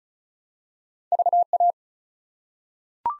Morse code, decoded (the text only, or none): VA